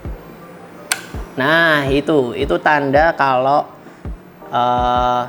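The cocking lever of a multi-pump air rifle is pulled back with the thumb braced behind it until it gives a sharp click at 0.9 s, showing the cocking has engaged. Afterward someone talks over background music.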